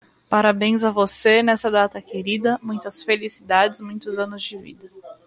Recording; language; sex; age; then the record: short text; Brazilian Portuguese; female; 20 to 29 years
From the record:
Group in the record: control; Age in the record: 24 years